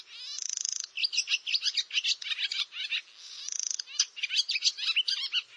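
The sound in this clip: Barn swallow song opening with a dry buzzing rattle, followed by busy chattering twitters, then a second rattle and more rapid warbling notes.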